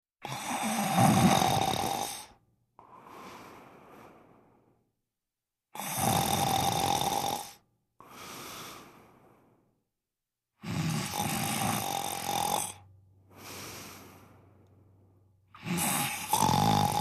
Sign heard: Man snoring.